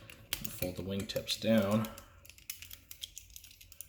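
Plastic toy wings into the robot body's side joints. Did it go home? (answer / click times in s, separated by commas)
yes / 0.3 s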